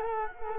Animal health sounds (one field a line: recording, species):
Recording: mosquito wingbeat signal from an infrared sensor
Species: Culex quinquefasciatus